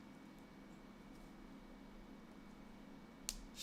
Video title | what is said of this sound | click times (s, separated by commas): Spooky Season: Part 4: Tec Creators Mechanical Bat Review - Is This the Ultimate Alt-Brick Monster? | snap into place right next to each other | 3.3 s